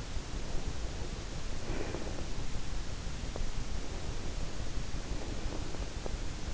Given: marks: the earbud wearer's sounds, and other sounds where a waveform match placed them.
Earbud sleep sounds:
sounds in sleep by an in-ear microphone; breath
0.52-2.14 s: breath
3.38-6.14 s: breath

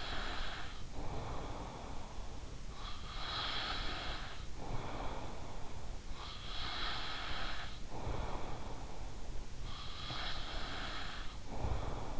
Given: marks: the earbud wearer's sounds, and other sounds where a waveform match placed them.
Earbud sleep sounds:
sounds in sleep by an in-ear microphone; breath
0.00-12.19 s: breath

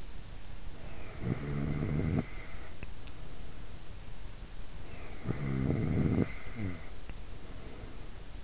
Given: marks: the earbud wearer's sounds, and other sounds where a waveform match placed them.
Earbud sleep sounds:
sounds in sleep by an in-ear microphone; snoring breath
1.07-2.84 s: snoring breath
5.02-8.44 s: snoring breath

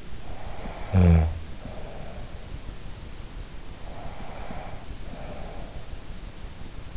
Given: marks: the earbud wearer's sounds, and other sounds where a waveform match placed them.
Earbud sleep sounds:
sounds in sleep by an in-ear microphone; snoring breath, breath
0.31-2.30 s: snoring breath
3.80-5.88 s: breath

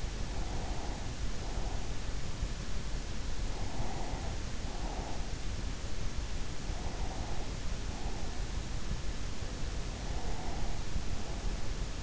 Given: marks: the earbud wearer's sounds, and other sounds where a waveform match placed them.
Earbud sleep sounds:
sounds in sleep by an in-ear microphone; breath
0.00-2.14 s: breath
3.54-5.60 s: breath
6.23-8.80 s: breath
9.69-12.03 s: breath

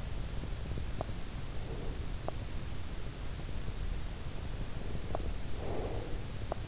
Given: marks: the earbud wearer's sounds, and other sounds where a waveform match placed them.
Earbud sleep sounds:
sounds in sleep by an in-ear microphone; breath
1.50-2.97 s: breath
4.52-6.64 s: breath

